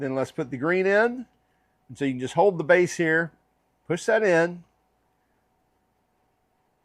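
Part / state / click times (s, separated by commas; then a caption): wire contact into connector housing / not seated / none. A green-wire contact is pushed into a Deutsch solid-contact connector housing while the base is held. Someone talks through the step, and the clip ends before the contact seats, so nothing has clicked into place yet.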